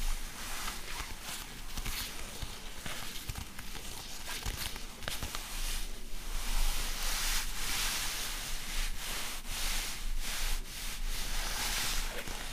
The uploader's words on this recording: Fabric Scratching. In dieser Folge verwende ich unterschiedliche Stoffe.